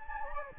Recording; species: mosquito wingbeat signal from an infrared sensor; Anopheles gambiae